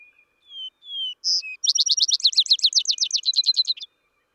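Vesper sparrow song: two drawn-out whistled notes and a short high note, followed by a quick, even trill of sweet chirps lasting about two seconds.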